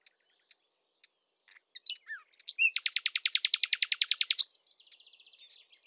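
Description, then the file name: Common nightingale song: sparse clicks and varied chirps, then a loud fast rattling trill of many pulses, fading into softer buzzy notes. "Luscinia megarhynchos"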